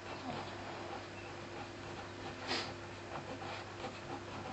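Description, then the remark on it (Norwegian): Soft, scratchy strokes of a pen writing a name on paper, irregular and faint over a steady background hiss, with one slightly louder scrape partway through. “Jeg skriver sånn...”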